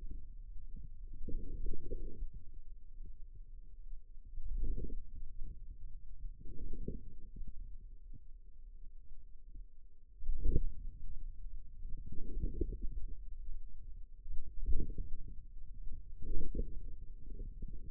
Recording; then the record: forearm muscle sounds (acoustic myography)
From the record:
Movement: outward rotation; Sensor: system 2, bracelet of six BSWA MPA416 microphones around the upper forearm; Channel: 2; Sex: male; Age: 22 years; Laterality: right